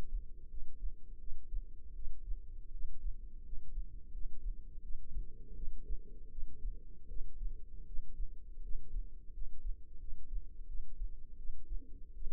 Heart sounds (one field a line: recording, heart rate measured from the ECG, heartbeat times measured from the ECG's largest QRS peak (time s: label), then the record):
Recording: heart sounds by microphone in the left ear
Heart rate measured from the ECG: 82 bpm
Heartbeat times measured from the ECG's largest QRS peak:
0.49 s: heartbeat
1.19 s: heartbeat
1.94 s: heartbeat
2.72 s: heartbeat
3.44 s: heartbeat
4.12 s: heartbeat
4.82 s: heartbeat
5.55 s: heartbeat
6.30 s: heartbeat
7.08 s: heartbeat
7.85 s: heartbeat
8.62 s: heartbeat
9.32 s: heartbeat
9.99 s: heartbeat
10.66 s: heartbeat
11.37 s: heartbeat
12.14 s: heartbeat
From the record:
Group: healthy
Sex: female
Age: 22 years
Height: 161 cm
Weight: 65.5 kg